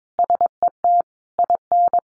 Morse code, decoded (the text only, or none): SET IN